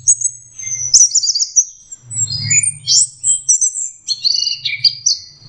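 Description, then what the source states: Orange-headed thrush song, high thin whistles and fast trilled phrases broken by brief gaps, with a low rumble in the background. Master recording for training Anis Kembang birds; 'teler' song style, version 4.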